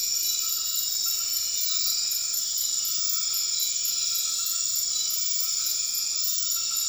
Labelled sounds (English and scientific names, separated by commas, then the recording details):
none
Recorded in dense forest near Puerto Asís, Putumayo, Colombia, on 12 March 2025 at 22:00
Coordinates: 0.500, -76.322
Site GP06